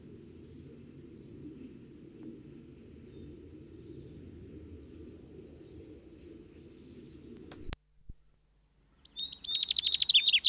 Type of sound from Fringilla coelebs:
song